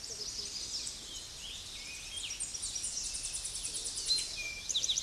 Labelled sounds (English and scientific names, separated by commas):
Eastern Towhee (Pipilo erythrophthalmus) song